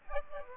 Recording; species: mosquito wingbeat signal from an infrared sensor; Aedes aegypti